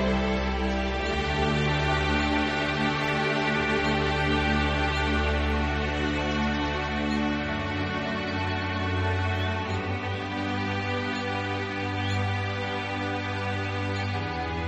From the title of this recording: Soothing Rain Sounds & Relaxing Ambient Music